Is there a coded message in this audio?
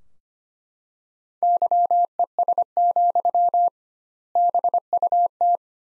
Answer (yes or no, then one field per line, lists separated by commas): yes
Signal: Morse code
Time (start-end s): 1.4-5.6 s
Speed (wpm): 25 wpm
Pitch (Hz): 700 Hz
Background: none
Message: YES, BUT